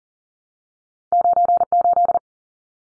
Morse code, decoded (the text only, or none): 98